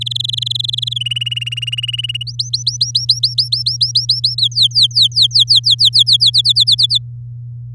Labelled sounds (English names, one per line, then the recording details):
Domestic Canary song
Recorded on 9 May 2018 at 06:44
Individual llb16